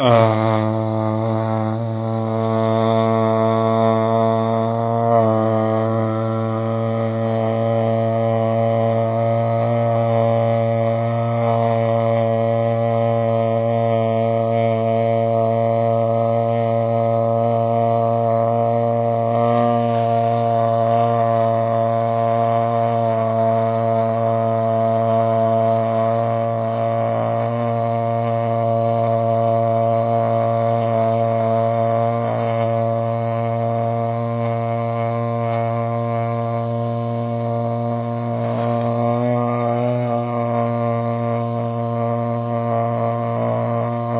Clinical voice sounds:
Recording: sustained vowel /a/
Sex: male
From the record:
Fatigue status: no fatigue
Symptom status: asymptomatic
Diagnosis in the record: COVID-19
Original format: 3gp

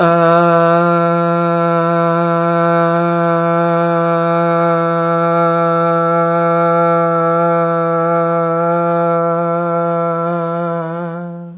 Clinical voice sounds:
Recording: sustained vowel /a/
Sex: male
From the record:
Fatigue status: no fatigue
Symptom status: asymptomatic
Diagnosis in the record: COVID-19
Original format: 3gp

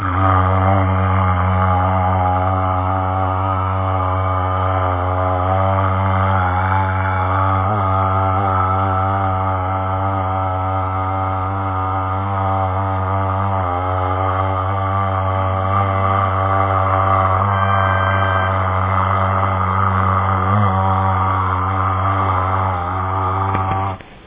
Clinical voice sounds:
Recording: sustained vowel /a/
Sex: male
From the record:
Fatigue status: no fatigue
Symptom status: asymptomatic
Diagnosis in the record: COVID-19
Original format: 3gp

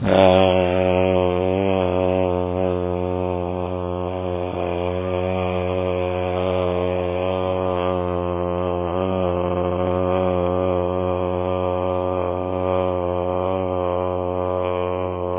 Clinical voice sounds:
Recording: sustained vowel /a/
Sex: male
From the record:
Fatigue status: no fatigue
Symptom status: asymptomatic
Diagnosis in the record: COVID-19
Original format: 3gp

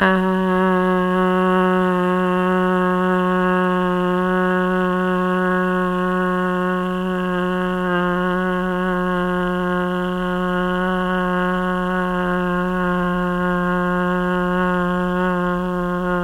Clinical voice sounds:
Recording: sustained vowel /a/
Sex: female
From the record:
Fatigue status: no fatigue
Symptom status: symptomatic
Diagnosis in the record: COVID-19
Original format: m4a

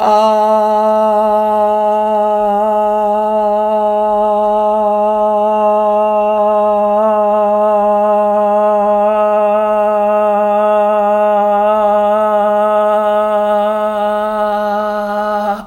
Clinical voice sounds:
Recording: sustained vowel /a/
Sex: female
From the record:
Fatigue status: no fatigue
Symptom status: asymptomatic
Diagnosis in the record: COVID-19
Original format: m4a

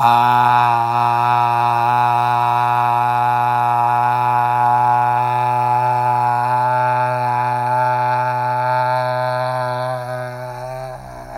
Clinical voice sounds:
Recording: sustained vowel /a/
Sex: male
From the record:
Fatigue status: no fatigue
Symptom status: asymptomatic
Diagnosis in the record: COVID-19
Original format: m4a

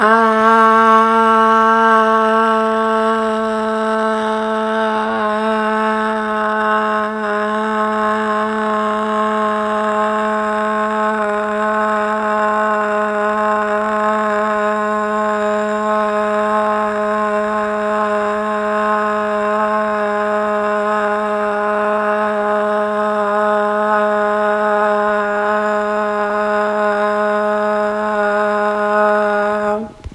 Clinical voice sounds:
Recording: sustained vowel /a/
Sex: female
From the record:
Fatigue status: no fatigue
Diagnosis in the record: COVID-19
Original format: m4a

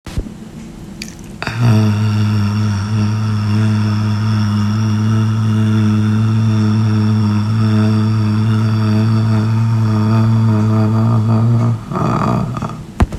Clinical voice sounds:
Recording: sustained vowel /a/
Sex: female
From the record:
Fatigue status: fatigue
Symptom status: symptomatic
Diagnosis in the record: COVID-19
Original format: m4a

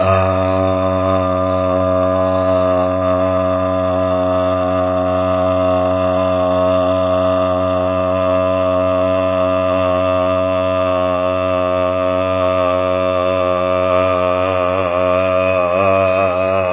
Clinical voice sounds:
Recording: sustained vowel /a/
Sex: male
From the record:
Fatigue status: no fatigue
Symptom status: symptomatic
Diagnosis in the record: COVID-19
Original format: 3gp

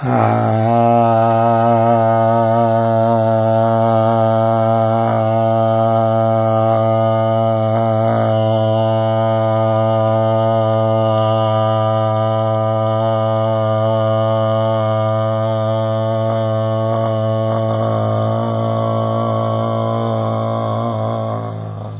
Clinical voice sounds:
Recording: sustained vowel /a/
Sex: male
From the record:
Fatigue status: no fatigue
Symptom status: asymptomatic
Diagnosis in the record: COVID-19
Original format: 3gp

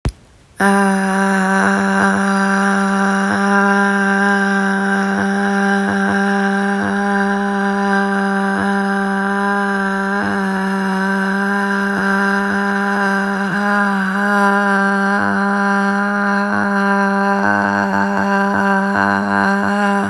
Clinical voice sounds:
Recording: sustained vowel /a/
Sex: female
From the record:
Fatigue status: no fatigue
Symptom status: symptomatic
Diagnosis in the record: COVID-19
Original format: m4a

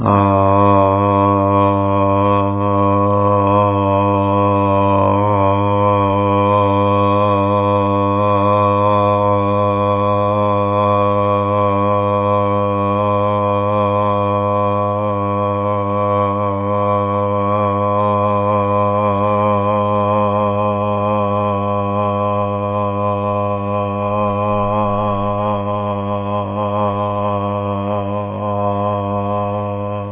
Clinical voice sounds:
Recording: sustained vowel /a/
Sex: male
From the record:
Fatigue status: no fatigue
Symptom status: asymptomatic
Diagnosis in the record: COVID-19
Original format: 3gp

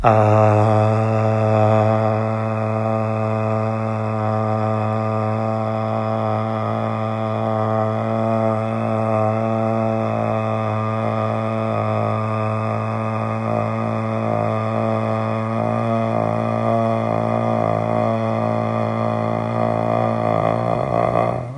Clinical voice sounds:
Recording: sustained vowel /a/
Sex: male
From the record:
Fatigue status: no fatigue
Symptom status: asymptomatic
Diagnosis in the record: COVID-19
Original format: m4a

